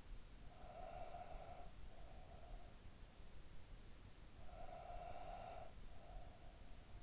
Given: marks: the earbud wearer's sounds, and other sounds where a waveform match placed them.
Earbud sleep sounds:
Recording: sounds in sleep by an in-ear microphone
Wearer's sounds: breath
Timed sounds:
0.37-3.03 s: breath
4.26-7.03 s: breath

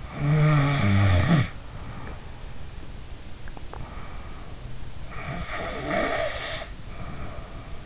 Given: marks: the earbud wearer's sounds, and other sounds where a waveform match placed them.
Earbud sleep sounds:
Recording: sounds in sleep by an in-ear microphone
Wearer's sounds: snoring breath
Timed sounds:
0.08-2.20 s: snoring breath
3.70-7.86 s: snoring breath

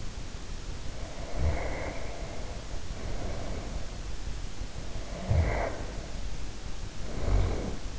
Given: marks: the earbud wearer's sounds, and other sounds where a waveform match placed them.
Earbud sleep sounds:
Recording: sounds in sleep by an in-ear microphone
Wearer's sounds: breath, snoring breath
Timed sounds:
0.84-3.99 s: breath
5.00-7.99 s: snoring breath

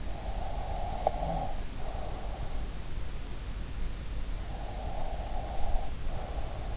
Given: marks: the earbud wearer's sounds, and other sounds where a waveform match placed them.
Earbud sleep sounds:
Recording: sounds in sleep by an in-ear microphone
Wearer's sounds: breath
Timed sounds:
0.12-2.45 s: breath
4.78-6.77 s: breath

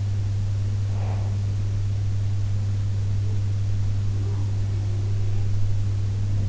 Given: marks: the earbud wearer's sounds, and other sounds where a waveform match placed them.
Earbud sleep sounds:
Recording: sounds in sleep by an in-ear microphone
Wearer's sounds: breath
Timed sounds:
0.42-1.75 s: breath

